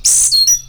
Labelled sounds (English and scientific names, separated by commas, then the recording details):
Stitchbird (Notiomystis cincta) song
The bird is a male
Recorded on Tiritiri Matangi Island, New Zealand, in 2005
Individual 7, of nest box 9